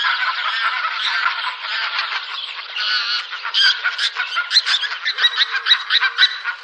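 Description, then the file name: Pink-footed goose flock calls, a busy mass of overlapping honks and cackles, with clearer individual yelps standing out toward the end. "Anser brachyrhynchus"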